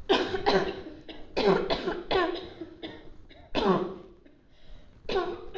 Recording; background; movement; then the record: voluntary coughing; a bystander coughing; sitting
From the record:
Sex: female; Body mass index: 18.3 kg/m2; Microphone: on the chest, facing outward